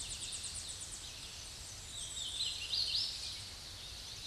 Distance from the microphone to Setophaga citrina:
about 45 m